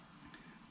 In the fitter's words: now this side is locked into place